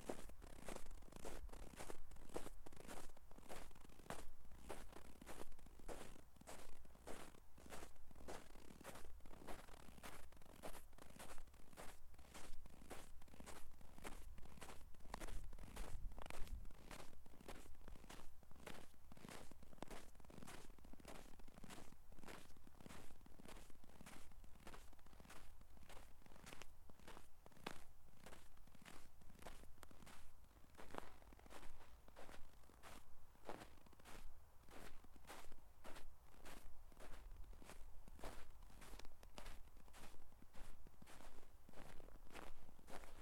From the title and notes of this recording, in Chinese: 在某个暴雪的夜晚，路上车辆不多行人稀疏，我在街上走着，硬底的鞋踩在雪上发出各种声音。台阶、冰面、大理石、柏油路、水泥路以及木栈道作为承载；硬底鞋作为敲打；厚雪、薄雪、被行人脚底压实的雪、被铲雪机滚成条状的雪作为连接。哈尔滨。雪的声音。